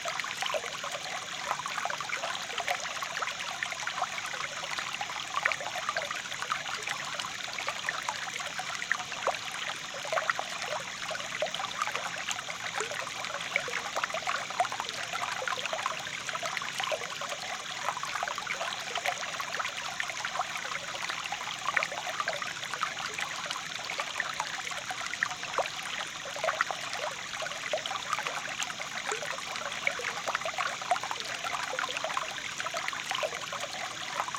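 A quick-moving stream runs without pause, a dense, bright rush of water full of fine splashing and trickling detail. The flow stays even from start to finish, with only small flickers of louder spatter and no separate events standing out.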